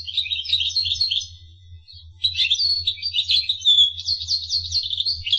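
Finch twittering song of quick warbled chirps and short trills, a brief pause partway through, then continuous chatter, with a low hum underneath.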